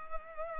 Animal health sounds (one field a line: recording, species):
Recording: mosquito wingbeat signal from an infrared sensor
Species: Culex pipiens